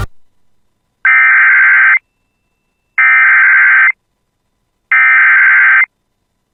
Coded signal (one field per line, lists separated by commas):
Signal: Emergency Alert System (SAME) tones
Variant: header bursts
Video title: [EAS] Severe Thunderstorm Warning for Kittson County MN (7/9/25)